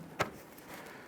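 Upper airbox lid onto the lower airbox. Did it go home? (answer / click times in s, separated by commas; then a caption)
no / none. A plastic upper airbox lid is handled over the lower airbox on a 2005-2010 Chrysler 300, with its front side being brought down so the two front tabs can lock into place. A single short, bright plastic tap is heard around 0.2 s, followed by a quiet, steady low background. Nothing has seated or clicked yet.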